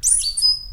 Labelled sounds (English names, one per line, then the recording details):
Stitchbird song
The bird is a male
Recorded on Tiritiri Matangi Island, New Zealand, in 2005
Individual 11, of nest box 13